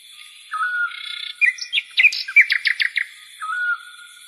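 Bird chirping: a short whistled note, then a burst of quick, sharp chirps and a closing whistle, with steady high tones underneath.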